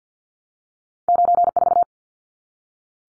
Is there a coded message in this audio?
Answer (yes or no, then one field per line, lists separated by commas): yes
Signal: Morse code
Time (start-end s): 1.1-1.8 s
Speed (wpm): 50 wpm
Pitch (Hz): 700 Hz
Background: none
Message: 94